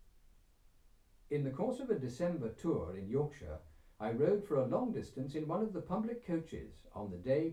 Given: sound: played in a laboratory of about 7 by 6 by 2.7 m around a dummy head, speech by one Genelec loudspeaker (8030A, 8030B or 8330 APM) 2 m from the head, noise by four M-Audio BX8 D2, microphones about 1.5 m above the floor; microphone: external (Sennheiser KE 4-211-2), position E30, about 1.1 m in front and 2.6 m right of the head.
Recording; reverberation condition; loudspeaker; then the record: male speech in English; low; 120 degrees to the right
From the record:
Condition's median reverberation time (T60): about 310 ms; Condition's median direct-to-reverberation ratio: about 3.5 dB